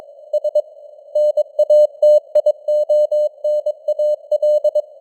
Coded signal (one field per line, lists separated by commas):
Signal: Morse code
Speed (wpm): 22 wpm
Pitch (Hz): 600 Hz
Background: none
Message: S NATIONAL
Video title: Morse Code News | 2025-11-13 | 22wpm